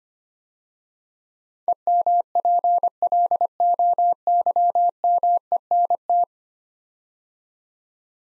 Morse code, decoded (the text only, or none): EMPLOYMENT